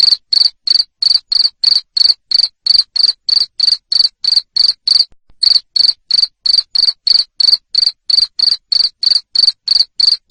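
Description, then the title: Cricket chirping loudly, short pulsed chirps repeated about three times a second, with one brief pause midway. Loud cricket chirping used to stimulate lovebirds to sing continuously. "Suara JANGKRIK NGERIK Keras Bikin LOVEBIRD Jadi NGEKEK Terus"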